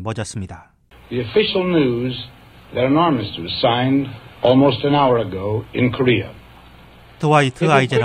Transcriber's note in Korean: 녹취: 아이젠하워 당시 미국 대통령